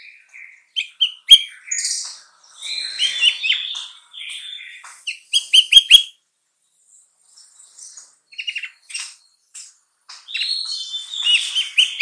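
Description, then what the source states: Sooty-headed bulbul song of quick, warbling chirps in irregular bursts, with a pause midway before more chattering phrases. Song labelled as kutilang trucukan.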